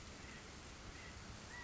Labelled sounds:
California Quail (Callipepla californica)
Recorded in Sonoma County, California

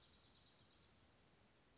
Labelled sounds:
Dark-eyed Junco (Junco hyemalis)
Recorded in Sonoma County, California

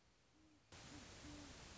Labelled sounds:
Great Horned Owl (Bubo virginianus)
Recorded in Sonoma County, California

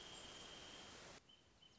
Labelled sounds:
Wrentit (Chamaea fasciata)
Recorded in Sonoma County, California

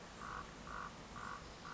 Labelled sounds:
Common Raven (Corvus corax)
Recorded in Sonoma County, California

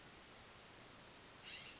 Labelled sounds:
California Scrub-Jay (Aphelocoma californica)
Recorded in Sonoma County, California

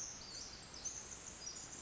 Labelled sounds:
Pacific Wren (Troglodytes pacificus)
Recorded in Sonoma County, California

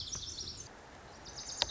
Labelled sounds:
Lazuli Bunting (Passerina amoena)
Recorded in Sonoma County, California

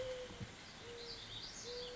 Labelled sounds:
Mourning Dove (Zenaida macroura)
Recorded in Sonoma County, California

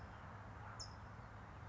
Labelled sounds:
California Towhee (Melozone crissalis)
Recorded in Sonoma County, California

